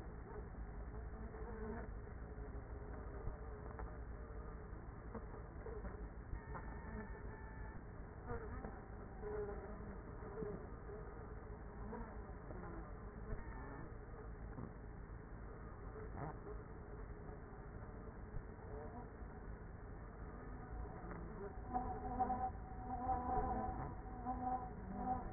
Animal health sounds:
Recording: honeybee colony, microphone inside the hive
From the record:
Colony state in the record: queenless with a low population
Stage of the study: after two queens were removed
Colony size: about 30,000 bees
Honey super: no

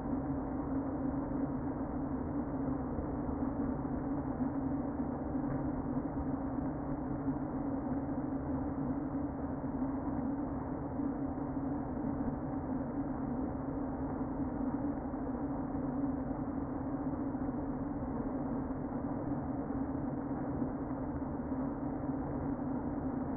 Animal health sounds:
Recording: honeybee colony, microphone inside the hive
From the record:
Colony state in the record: queen present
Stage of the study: before two queens were removed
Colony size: about 60,000 bees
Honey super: yes

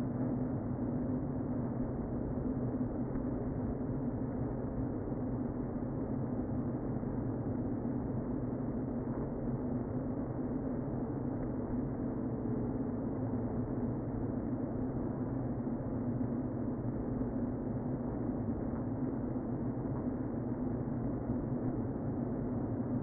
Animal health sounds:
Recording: honeybee colony, microphone inside the hive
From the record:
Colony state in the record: queen present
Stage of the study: before two queens were removed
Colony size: about 60,000 bees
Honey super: yes

